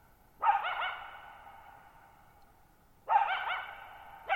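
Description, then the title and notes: Coyote barking twice, about two and a half seconds apart, with a third call starting, each with a lengthy fading echo. Lone coyote at night, July 14, 2019, Thirtymile Meadows, Okanogan National Forest, Okanogan High Country, Pacific Northwest, 6400 ft (1950 m), high dry plateau, shallow bowl-shaped meadow. "Lone Coyote at Thirtymile Meadows. I spent the night of July 14, 2019, camped near Thirtymile Meadows in the Okanogan National Forest at 6400 ft (1950 m)"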